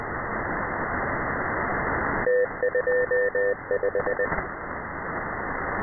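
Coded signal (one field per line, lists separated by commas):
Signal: Morse code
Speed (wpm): 19 wpm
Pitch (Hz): 500 Hz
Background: radio noise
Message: T25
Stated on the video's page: Scheduled numbers-station message: 3-digit ID, group count, BT separators, and thirty 5-digit groups.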